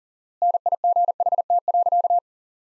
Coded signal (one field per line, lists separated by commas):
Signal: Morse code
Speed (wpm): 40 wpm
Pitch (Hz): 700 Hz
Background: none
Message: NIGHT.